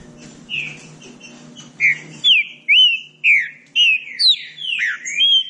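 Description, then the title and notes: Green-winged saltator singing a series of bright whistled notes, each slurring down or up, repeated about twice per second over a faint low hum. Classic song of a trinca-ferro used as a training recording. "Canto Clássico Trinca Ferro TREINAMENTO. trinca fero"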